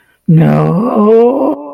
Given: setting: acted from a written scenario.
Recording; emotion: vocal sound without words; fear